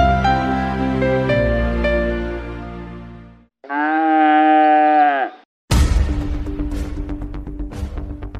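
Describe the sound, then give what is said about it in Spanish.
A cow lets out a long, low, droning moo lasting under two seconds, framed by other loud, tonal sounds before and after, with no talking. “Y las vacas dan más leche si escuchan música relajante.”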